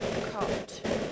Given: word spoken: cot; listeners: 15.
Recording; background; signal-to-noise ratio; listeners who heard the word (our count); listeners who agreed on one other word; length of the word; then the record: one English word in noise, from a listening test; noise modulated by three-talker babble; -7.5 dB; 7 of 15; 7 of 15; 0.72 s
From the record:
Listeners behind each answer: 7, 7, 1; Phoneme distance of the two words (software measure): 10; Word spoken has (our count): 1 syllable, 3 phonemes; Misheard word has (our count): 1 syllable, 3 phonemes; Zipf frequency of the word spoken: 3.45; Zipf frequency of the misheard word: 4.96